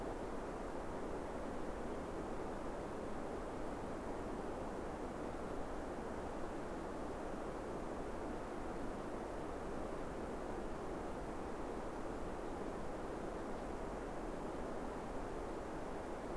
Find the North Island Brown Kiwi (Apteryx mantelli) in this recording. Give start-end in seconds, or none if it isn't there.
none